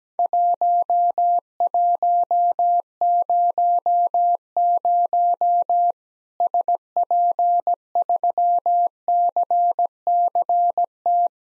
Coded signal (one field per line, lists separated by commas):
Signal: Morse code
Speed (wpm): 17 wpm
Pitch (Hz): 700 Hz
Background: none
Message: 1100 SP3CCT